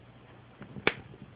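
The groove on the back of a wheel from a Traxxas Slash Ford F-150 Raptor SVT RC truck is lined up with the cross pin on the rear axle, and the wheel's hex is pushed onto the axle pin. After a faint tap at 0.6 s, a single sharp, loud click at 0.9 s marks the wheel seating onto the pin.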